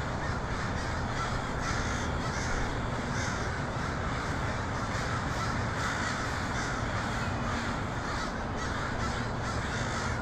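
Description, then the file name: Hoarse crow caws from many birds blend into a constant din, layered over a steady rushing background. Crows in Portland on 23 October 2018. "pdx crows 2018-10-23"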